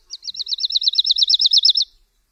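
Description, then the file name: Woodlark song: a quick, even trill of about fifteen bright, sliding notes lasting about two seconds. "LERKA"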